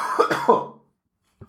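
A quick run of about three harsh, rough coughs in under a second from an adult who recently fell ill, fading out into silence, with a faint sound just after.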